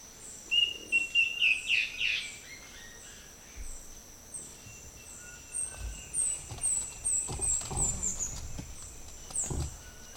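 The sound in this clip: Guianan warbling antbird giving a quick run of whistled notes near the start, then quieter notes, over a steady high pulsing background.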